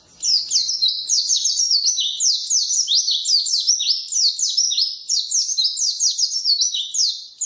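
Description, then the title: White-eye song of dense, fast, high chirps and warbles running continuously. Wild forest (ngalas) white-eye with a fill-in (isian) song, used for training songbirds (masteran). "mster Mnuk. Pleci ngalas isian untuk masteran"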